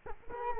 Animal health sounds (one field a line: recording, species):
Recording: mosquito wingbeat signal from an infrared sensor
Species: Culex quinquefasciatus